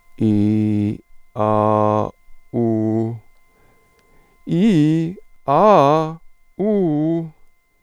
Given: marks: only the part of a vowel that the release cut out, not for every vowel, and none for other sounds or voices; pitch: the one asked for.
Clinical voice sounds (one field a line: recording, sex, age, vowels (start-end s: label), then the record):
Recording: sustained vowels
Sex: male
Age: 40 to 49 years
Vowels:
0.24-0.87 s: vowel /i/, low pitch
1.41-1.99 s: vowel /a/, low pitch
2.56-3.07 s: vowel /u/, low pitch
4.53-5.04 s: vowel /i/, low-high-low pitch
5.50-6.03 s: vowel /a/, low-high-low pitch
6.62-7.17 s: vowel /u/, low-high-low pitch
From the record:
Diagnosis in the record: hyperfunctional dysphonia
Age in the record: 48 years